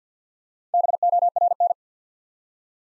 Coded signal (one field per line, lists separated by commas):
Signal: Morse code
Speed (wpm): 48 wpm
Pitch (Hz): 700 Hz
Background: none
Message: BORN